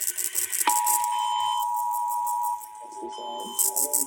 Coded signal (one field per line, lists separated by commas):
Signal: Emergency Alert System (SAME) tones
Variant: 853 and 960 Hz attention tone